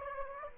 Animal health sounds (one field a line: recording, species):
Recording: mosquito wingbeat signal from an infrared sensor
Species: Aedes aegypti